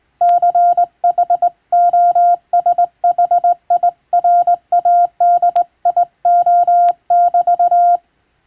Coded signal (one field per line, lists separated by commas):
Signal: Morse code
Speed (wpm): 21 wpm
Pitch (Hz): 700 Hz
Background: none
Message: CHOSHIRADIO<BT>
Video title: 【船舶無線通信士】手打ちで打つ懐かしいモールス符号、昔はラジオでよく聞こえました。船と陸との唯一の通信手段、大変貴重な無線通信でした。受信トレーニングにどうぞ morse code practice